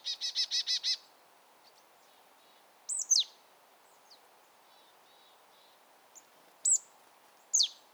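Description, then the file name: Marsh tit calls: a rapid series of six buzzy, nasal notes, followed by scattered high, sharply falling notes at intervals of a few seconds. "Poecile palustris"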